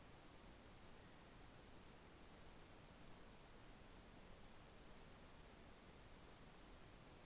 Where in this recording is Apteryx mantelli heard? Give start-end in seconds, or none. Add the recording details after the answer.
none. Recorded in New Zealand on 11 December 2011. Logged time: 00:58. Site DD66